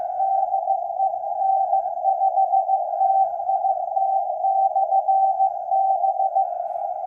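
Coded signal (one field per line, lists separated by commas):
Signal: Morse code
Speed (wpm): 15 wpm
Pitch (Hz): 770 Hz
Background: none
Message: DE N5TIT/B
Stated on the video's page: Morse comparing a Ten Tec 340 and a Harris 590.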